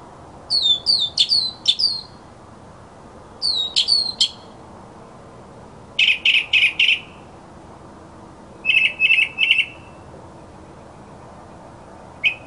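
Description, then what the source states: Mockingbird song: high swooping whistles in two groups, then clusters of harsher chirps in different patterns, separated by pauses, ending with a single note. Labelled a 'masteran' (tutor) sound recording of a mockingbird.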